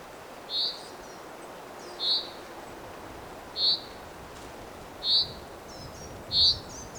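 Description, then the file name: Common chaffinch call notes, brief and bright, five of them spaced roughly every one and a half seconds above a constant background hiss. "Fringilla coelebs"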